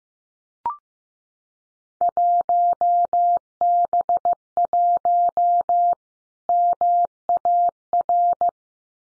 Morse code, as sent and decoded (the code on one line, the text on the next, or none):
.---- -... .---- / -- .- .-.
1B1 MAR